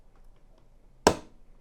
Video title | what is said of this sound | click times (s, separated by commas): Hangi Kablo Nereye Takılır? Adım Adım Bilgisayar Montaj Rehberi | Fakat görmüş olduğunuz üzere çentik tam oturmadı. | 1.1 s